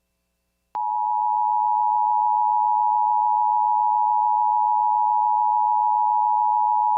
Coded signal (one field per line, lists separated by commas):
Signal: Emergency Alert System (SAME) tones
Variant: 853 and 960 Hz attention tone